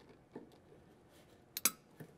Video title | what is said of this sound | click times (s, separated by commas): Performance TV - Ep 1507 | that's how it goes I like the sound that snapped right in there yeah perfect perect | 1.6 s, 1.7 s